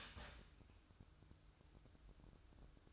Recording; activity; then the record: daily activity, microphone in the room; start toaster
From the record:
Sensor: 2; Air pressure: 1007.1 hPa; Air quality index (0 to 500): 39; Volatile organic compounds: 1 ppm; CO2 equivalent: 539 ppm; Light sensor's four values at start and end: 6/13/5/5 and 6/13/5/5